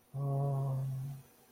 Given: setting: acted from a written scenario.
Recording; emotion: vocal sound without words; romantic love